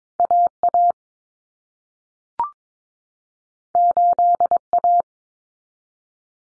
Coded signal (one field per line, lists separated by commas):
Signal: Morse code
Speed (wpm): 22 wpm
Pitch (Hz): 700 Hz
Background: none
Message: AA 8A